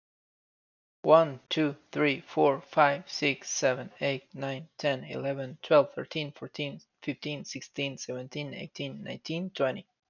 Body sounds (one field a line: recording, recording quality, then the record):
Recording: counting at a normal pace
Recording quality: excellent, no background noise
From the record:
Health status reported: healthy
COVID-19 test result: not tested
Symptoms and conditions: none ticked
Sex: male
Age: 42 years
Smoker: not ticked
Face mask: not worn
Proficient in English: yes